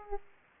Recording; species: mosquito wingbeat signal from an infrared sensor; Aedes aegypti